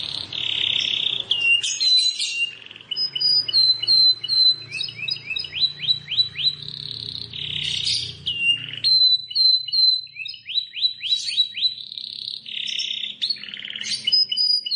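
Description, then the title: Plain prinia song, a continuous high varied sequence of buzzy bursts, fast rising whistled runs and sharp piping notes. "Ciblek Sawah"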